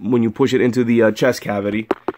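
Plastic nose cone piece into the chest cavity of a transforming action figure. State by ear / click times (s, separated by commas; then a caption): not seated / none. A plastic nose cone piece is being handled during the transformation of a plastic action figure, about to be pushed into the figure's chest cavity while someone talks. Only speech and a couple of faint handling sounds near the end are heard. Nothing has seated or clicked yet.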